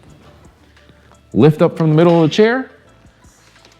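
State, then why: Seated. With the seat removed, a carbon fiber X-frame Jazzy 27X power wheelchair is lifted up from the middle to fold it while someone talks. The folding X-frame then locks with a short, sharp snap at 3.7 s, showing the frame has snapped into place.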